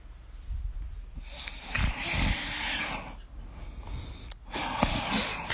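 An adult man snoring, recorded at home by his family.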